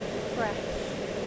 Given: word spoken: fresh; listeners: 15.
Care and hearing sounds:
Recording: one English word in noise, from a listening test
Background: speech-shaped noise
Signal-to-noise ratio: -4.5 dB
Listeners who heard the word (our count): 2 of 15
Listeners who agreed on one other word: 8 of 15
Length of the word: 0.87 s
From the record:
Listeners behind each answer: 8, 2, 1, 1, 1, 1, 1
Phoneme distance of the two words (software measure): 20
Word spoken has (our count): 1 syllable, 4 phonemes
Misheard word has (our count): 1 syllable, 4 phonemes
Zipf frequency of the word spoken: 4.89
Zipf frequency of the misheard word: 4.89

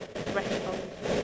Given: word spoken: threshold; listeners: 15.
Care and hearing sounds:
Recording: one English word in noise, from a listening test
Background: noise modulated by three-talker babble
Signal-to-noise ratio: -3.7 dB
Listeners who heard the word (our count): 2 of 15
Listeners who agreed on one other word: 7 of 15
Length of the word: 0.83 s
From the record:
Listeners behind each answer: 7, 2, 2, 1, 1, 1, 1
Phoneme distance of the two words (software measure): 51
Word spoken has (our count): 2 syllables, 8 phonemes, stress on syllable 1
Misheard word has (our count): 2 syllables, 7 phonemes, stress on syllable 1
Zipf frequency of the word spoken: 3.75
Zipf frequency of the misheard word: 2.66

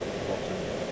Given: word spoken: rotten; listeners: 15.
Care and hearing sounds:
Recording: one English word in noise, from a listening test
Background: speech-shaped noise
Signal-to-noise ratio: -4.2 dB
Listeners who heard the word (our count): 0 of 15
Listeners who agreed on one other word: 11 of 15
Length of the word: 0.52 s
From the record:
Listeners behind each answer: 11, 1, 1, 1, 1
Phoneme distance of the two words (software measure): 20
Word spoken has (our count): 2 syllables, 5 phonemes, stress on syllable 1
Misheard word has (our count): 2 syllables, 5 phonemes, stress on syllable 1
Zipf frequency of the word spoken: 4.04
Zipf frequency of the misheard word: 5.05

